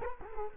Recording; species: mosquito wingbeat signal from an infrared sensor; Culex quinquefasciatus